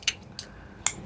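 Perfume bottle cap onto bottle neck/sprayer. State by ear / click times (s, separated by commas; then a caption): not seated / none. A perfume cap (Miller Harris Tea Tonique) is put back onto the bottle neck over the sprayer, making three short, bright clacks at about 0.1 s, 0.4 s and 0.9 s. These are contact sounds, not a latch: the cap does not click on and only holds by friction rather than a snug fit, so nothing has seated or clicked.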